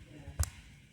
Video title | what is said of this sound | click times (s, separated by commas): Handy hint No.6 Zip slider replacement | You'll hear a little click. | 0.4 s